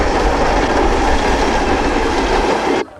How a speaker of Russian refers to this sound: Вид снаружи, ночь, мчится поезд.